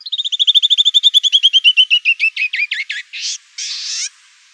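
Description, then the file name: Canyon wren song, a quick run of sweet whistled notes tumbling steadily downward and spreading apart, closing with two harsh buzzy notes. Recorded in Arizona on 2 October 2003. "CNWR 2 deviche"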